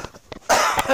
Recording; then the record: coughing mixed with background sound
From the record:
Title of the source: Heavy cold and sore throat coughing.